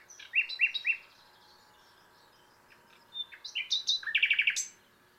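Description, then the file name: Common nightingale song: a short series of repeated chirps, a pause, then a phrase ending in a fast, loud trill of repeated notes. "Luscinia megarhynchos"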